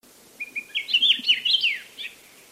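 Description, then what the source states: Akiapolaau song: a single rapid, twittering warble of slurred high notes, building in the middle and trailing off with a final chirp. Hawaii.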